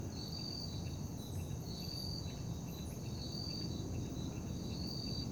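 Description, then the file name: Crickets giving repeated high trilling bursts about every second and a half, over a constant low traffic rumble. Night ambience in a park, with distant traffic. "Ambiencia parque da liberdade a noite com grilos, morcegos, som de gota dagua e transito longe"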